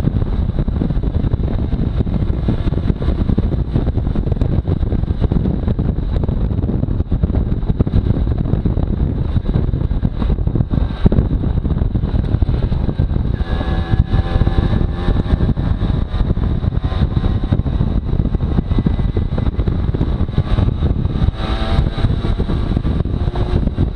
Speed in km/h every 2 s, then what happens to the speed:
50, 49, 44, 39, 35, 31, 32, 34, 36, 39, 42, 44.
0-10 slows to 31. 10-24 speeds up to 44.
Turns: none.